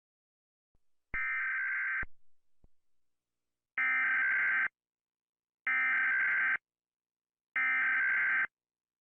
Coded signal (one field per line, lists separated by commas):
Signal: Emergency Alert System (SAME) tones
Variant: header bursts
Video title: Godzilla eas alarm part 1 )read description)